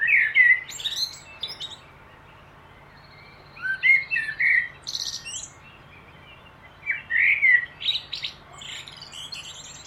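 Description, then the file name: Common blackbird singing rich warbling phrases that close with thin, high chattering notes, three bursts throughout with pauses between, over a faint constant hum. "Turdus merula"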